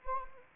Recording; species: mosquito wingbeat signal from an infrared sensor; Anopheles arabiensis